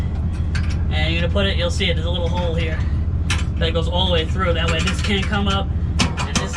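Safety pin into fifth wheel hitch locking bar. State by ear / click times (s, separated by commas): seated / 6.0 s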